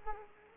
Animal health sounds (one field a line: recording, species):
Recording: mosquito wingbeat signal from an infrared sensor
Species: Culex quinquefasciatus